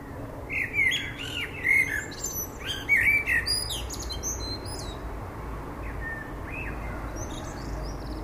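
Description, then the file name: Common blackbird song: several quick mellow warbled phrases with high twittery overtones, then quieter fluty notes trailing off. "Turdus merula"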